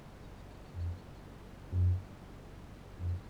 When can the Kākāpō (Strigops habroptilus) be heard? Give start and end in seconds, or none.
0.58-1.13, 1.56-2.25, 2.97-3.27